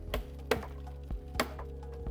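The side snaps of a Cine 13 snap-on sunhood are pressed onto the monitor's snap screws by hand, giving two sharp snaps at 0.5 s and 1.4 s, with fainter taps around them. Both snaps seat firmly.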